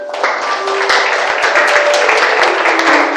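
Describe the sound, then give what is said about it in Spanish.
A church audience bursts into sustained applause for the Lord, many hands clapping in a dense, steady crackle that stays loud and even for about three seconds, with faint voices mixed in. “Quiero que le damos un aplauso al Señor.”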